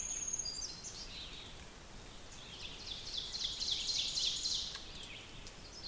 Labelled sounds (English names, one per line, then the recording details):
Ovenbird song
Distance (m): 50 m
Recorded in boreal forest in Alberta, Canada, on 5 June 2016 at 08:07
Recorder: SongMeter 3, array SBT-3-51
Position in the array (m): 244 m, 124 m
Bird 28